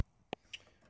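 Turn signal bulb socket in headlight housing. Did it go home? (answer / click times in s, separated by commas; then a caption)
released / 0.3 s. A turn signal bulb socket on a Mazda 6 is twisted toward the outer side and pulled one-handed out of the plastic headlight housing, giving a sharp click at 0.3 s. A softer tap follows at about 0.5 s in otherwise quiet surroundings. The socket pops free and is released from the housing.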